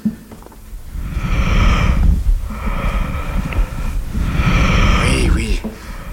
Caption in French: Le murmure vésiculaire des alvéoles qui se plissent et se déplissent selon la mécanique respiratoire.